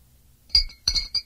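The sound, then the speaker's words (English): Glass bottles on a table clink together in three quick, bright knocks, each a sharp ringing tap with a short shimmering tail, with brief gaps between them and no voices. “These bottles are on the table, too.”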